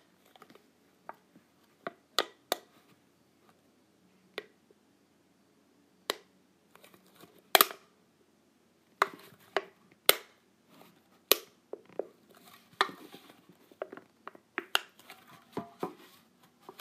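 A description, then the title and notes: Sharp clicks and snaps of hair clips being clipped and handled, arriving irregularly at first, then more frequently after about nine seconds. Between the bright snaps, softer rustling and tapping fill a quiet, low background. ASMR Clipping my Clips.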